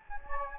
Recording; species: mosquito wingbeat signal from an infrared sensor; Anopheles gambiae